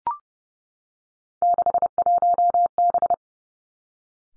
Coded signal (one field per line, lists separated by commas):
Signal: Morse code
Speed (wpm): 30 wpm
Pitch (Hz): 700 Hz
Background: none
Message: 61B